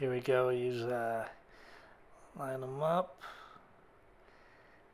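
Two plastic toy train track sections are lined up by hand, one into the adjoining section, before being pushed together while someone talks. Only speech and faint handling noise are heard, with no sharp transients. Nothing has snapped or clicked into place yet.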